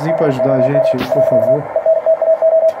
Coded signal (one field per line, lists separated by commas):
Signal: Morse code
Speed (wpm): 48 wpm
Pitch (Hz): 650 Hz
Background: speech, radio noise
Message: BOM . ENTAO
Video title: 5W QRP COM BALUN 9:1 E LONGWIRE DENTRO DO TERRAÇO